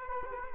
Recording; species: mosquito wingbeat signal from an infrared sensor; Culex quinquefasciatus